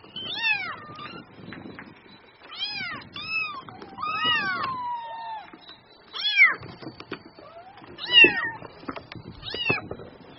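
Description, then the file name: Cat: kitten mewing, bright descending cries in small groups with pauses, one longer drawn-out mew, and soft clicking and rustling in the background. Kitten mewing cutely (Vietnamese: tiếng mèo con kêu nũng nịu dễ thương). "Tieng meo con keu nung niu de thuong"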